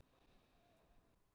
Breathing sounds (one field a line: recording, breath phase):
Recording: one breath near a microphone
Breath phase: inhalation